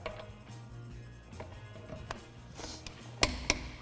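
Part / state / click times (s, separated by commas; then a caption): click-type torque wrench tightening a wheel lug fastener on a car / torque reached / 3.2 s. A click-type torque wrench, already set to torque, tightens a wheel lug fastener on a car while steady background music plays. A sharp click at 3.2 s marks the fastener reaching the set torque, followed by a second, slightly quieter click at 3.5 s.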